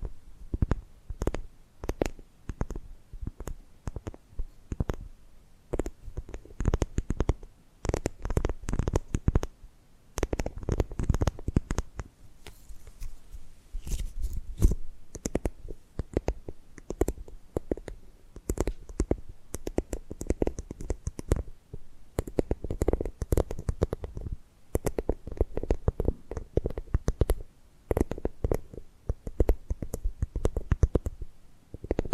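Tapping and gripping sounds come in quick, irregular bursts of sharp clicks and soft knocks, dense through most of the 32 seconds. Brief lulls fall near 10 and 12–14 seconds, and a faint rustling texture sits between the taps.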